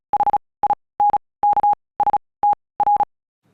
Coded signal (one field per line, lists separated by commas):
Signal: Morse code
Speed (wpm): 37 wpm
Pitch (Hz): 820 Hz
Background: none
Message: HINKSTR